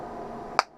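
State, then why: Seated. After being edged down a tenth of a millimeter, a prescription anti-glare lens is tucked in at the outside corner of a metal Ray-Ban 5184 eyeglass frame and pushed down with the thumbs. Over a steady low background hum, it seats with a single sharp snap at 0.6 s, then the sound quickly fades. The lens is seated in the frame.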